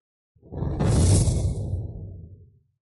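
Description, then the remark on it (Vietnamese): A single loud whooshing roar like crashing sea waves swells up quickly, holds with a deep rumbling body and a hissy top, then slowly fades out. No one speaks. “Ngay một khắc này, một âm thanh như sóng biển gào thét truyền ra khắp nơi, một ngọn lửa chói mắt mang theo ánh sáng vô tận bao phủ cả sơn cốc.”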